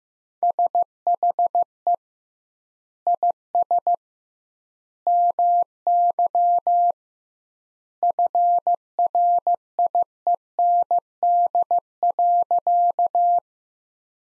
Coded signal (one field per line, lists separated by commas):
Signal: Morse code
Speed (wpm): 15 wpm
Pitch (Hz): 700 Hz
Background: none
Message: SHE IS MY FRIEND.